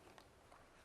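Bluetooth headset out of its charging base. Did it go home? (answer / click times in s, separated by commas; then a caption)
released / 0.2 s. A Jabra Stone Bluetooth headset is pushed out from the bottom to release it from its plastic charging base. A short, faint click is heard at 0.2 s against a low background, and the headset comes free of the base.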